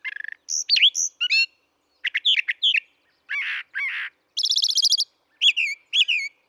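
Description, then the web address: Brown thrasher song: distinct phrases repeated in pairs, including a rapid trill, buzzy rasping notes and high chattering doublets, with clear silent gaps. "birdsongforthecurious Brown Thrasher"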